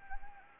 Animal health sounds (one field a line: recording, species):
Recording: mosquito wingbeat signal from an infrared sensor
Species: Anopheles gambiae